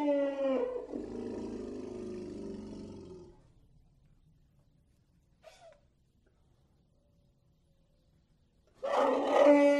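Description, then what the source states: Elephant growls: a harmonic growl fading into a long, rough grumble, near silence with a faint short sound, then a sudden loud call. Various elephant snorts, growls and trumpets.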